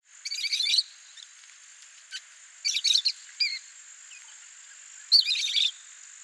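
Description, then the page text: Rosy-faced lovebird calls: shrill, scratchy chirp bursts of about half a second, coming in three main groups with a few thin single notes between them. "Голоса птиц - Розовощекий неразлучник (Agapornis roseicollis)"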